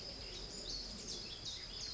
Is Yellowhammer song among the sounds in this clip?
no